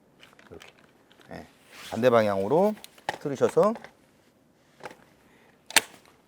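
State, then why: Seated. A car seat shell is lifted and rotated on its rotating base from rear-facing to forward-facing while someone talks, with a few faint knocks and handling sounds. A sharp click at 5.7 s marks the shell seating into the forward-facing position.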